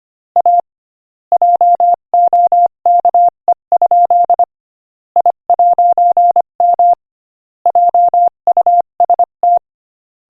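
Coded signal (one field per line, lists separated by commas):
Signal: Morse code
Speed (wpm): 24 wpm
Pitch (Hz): 700 Hz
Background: none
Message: A JOKE? I'M JUST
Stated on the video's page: Morse code listening practice at 25 wpm.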